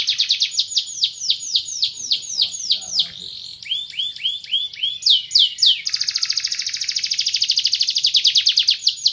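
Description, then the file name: Canary singing a varied sequence: repeated downward-sweeping whistles, brief chattering phrases, then a long, rapid rolling trill continuing to the end. "kompilasi kicauan kenari van helsing omkicau"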